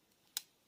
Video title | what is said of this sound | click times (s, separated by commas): La Photographie (comment utiliser un appareil photo {ici canon EOS 550d}) | on aligne sur pastille blanche comme ça, et on attend le clic. | 0.4 s